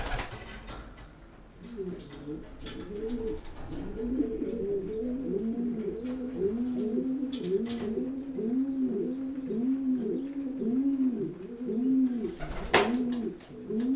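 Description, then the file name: Pigeon giving rapid low coos that build after a quiet start and roll on continuously, with scattered sharp taps and a loud knock near the end. "holub"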